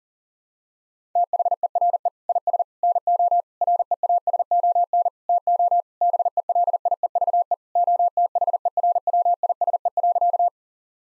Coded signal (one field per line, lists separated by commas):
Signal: Morse code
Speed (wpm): 40 wpm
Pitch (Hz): 700 Hz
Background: none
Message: THERE IS NO REASON TO BELIEVE OTHERWISE.